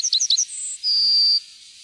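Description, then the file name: Yellowhammer song ending: a few sharp, high chirps leading into a single long, steady whistled note. "gulspurv"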